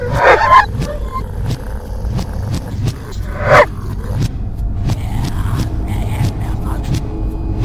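A dog barks twice, sharp harmonic yelps roughly three seconds apart, over a steady low background hum with faint ticking sounds in between.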